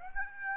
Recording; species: mosquito wingbeat signal from an infrared sensor; Aedes aegypti